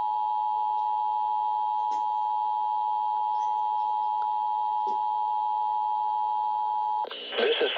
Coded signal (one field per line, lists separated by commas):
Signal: Emergency Alert System (SAME) tones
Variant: 853 and 960 Hz attention tone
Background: speech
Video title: So DVN did a thing... (EAS, February 25, 2021)